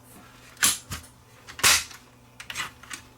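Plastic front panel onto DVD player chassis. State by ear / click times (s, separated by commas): seated / 0.6 s, 2.5 s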